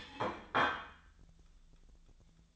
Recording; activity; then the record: daily activity, microphone in the room; place plate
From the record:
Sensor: 3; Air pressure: 1009.4 hPa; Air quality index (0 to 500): 198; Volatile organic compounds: 17 ppm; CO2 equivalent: 2569 ppm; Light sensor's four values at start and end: 34/85/36/39 and 34/85/36/39